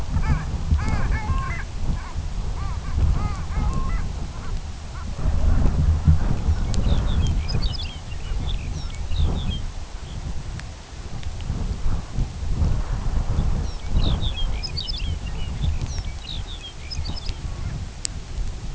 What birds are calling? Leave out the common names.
Clangula hyemalis, Calcarius lapponicus